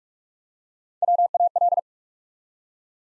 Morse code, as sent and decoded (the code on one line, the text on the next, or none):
.-- .- .-..
WAL